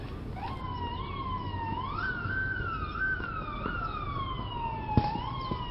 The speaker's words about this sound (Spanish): No lo había visto morir, pero al escuchar las sirenas de la policía llegando al lugar, sabía que así había sido.